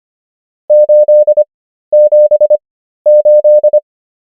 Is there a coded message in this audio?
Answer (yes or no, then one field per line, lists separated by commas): yes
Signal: Morse code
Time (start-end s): 0.7-3.8 s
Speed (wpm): 25 wpm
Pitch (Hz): 600 Hz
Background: none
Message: 878